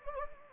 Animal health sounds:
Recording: mosquito wingbeat signal from an infrared sensor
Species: Anopheles gambiae

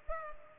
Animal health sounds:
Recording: mosquito wingbeat signal from an infrared sensor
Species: Culex pipiens

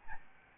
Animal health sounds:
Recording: mosquito wingbeat signal from an infrared sensor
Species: Aedes albopictus

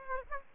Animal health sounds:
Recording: mosquito wingbeat signal from an infrared sensor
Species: Aedes aegypti

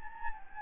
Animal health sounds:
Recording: mosquito wingbeat signal from an infrared sensor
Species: Anopheles gambiae

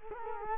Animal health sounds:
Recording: mosquito wingbeat signal from an infrared sensor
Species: Culex quinquefasciatus

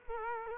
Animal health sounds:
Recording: mosquito wingbeat signal from an infrared sensor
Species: Culex quinquefasciatus

